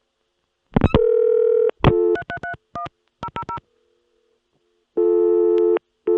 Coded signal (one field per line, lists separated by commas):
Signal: DTMF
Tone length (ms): 80 ms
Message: 3331 000